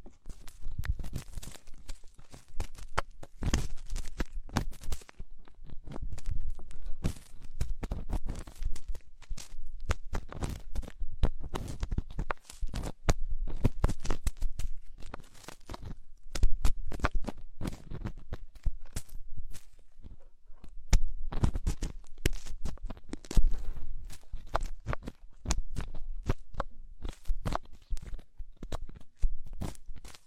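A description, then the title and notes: Deep ear cleaning and massage, heard as a dense, continuous stream of crackling, rustling and scratching. Sharp clicks and crunchy bursts come rapidly and irregularly throughout, with a low rumbling thump beneath them and brief quieter gaps around 5 and 20 seconds. Enhanced version of deep ear cleaning, massage.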